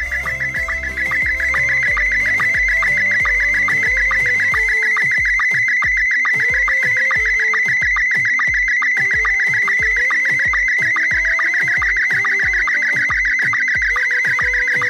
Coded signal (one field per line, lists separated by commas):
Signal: SSTV (slow-scan television)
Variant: Scottie 1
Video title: Testy SSTV ASŁK Akademicka Sieć Łączności Kryzysowej Bydgoszcz 28.11.2017